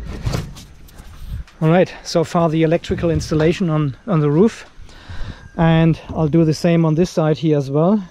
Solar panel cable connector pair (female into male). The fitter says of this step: panel and this is the male from the bottom one plug them together until they click in done